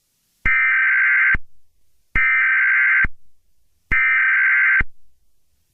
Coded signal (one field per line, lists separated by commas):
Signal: Emergency Alert System (SAME) tones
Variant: header bursts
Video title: Eas Scenario 001 - Attack on the twin towers of 2001